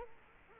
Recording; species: mosquito wingbeat signal from an infrared sensor; Culex quinquefasciatus